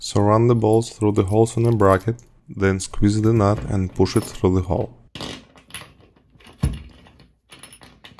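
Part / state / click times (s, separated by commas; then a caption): spring toggle bolt pushed through a drywall hole / seated / 8.1 s. A spring toggle bolt, run through a towel-bar bracket hole, has its nut squeezed and is pushed through a hole in drywall. Someone talks for the first five seconds, followed by light metallic rattling and a few small taps around 7.5–7.8 s. The toggle wings snap open behind the drywall with a click at 8.1 s, and the toggle bolt is seated.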